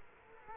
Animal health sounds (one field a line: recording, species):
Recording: mosquito wingbeat signal from an infrared sensor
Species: Culex quinquefasciatus